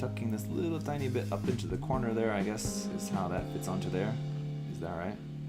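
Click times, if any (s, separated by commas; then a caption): none. A tiny plastic face mask piece is tucked into the corner of the head of a P-Bandai MG Gundam Heavyarms Custom EW model kit while someone talks over guitar music. The piece is handled and pressed toward the head, but nothing has seated or clicked yet.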